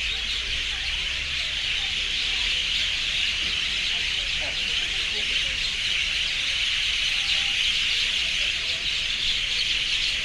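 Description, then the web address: Dense bird screaming from a large flock, shrill overlapping calls holding constant, with scattered lower chirps and background rumble. Urban city ambience; extreme screaming from birds. "City Sounds AMBUrbn Birds, Scream, Extreme"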